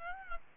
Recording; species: mosquito wingbeat signal from an infrared sensor; Aedes albopictus